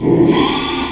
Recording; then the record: squeal of a Yucatan mini pig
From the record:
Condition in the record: after surgery on the right vocal fold (resection and tissue-engineered implant); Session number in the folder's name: 2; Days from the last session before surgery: 13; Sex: male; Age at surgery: 12 weeks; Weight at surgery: 13 kg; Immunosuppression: cyclosporine, prednisolone